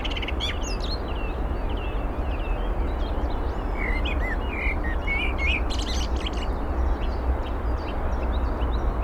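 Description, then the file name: Eurasian blackbird song: several short looping fluted notes midway, amid busy high chirps from other birds and a constant low rumble. "Turdus merula"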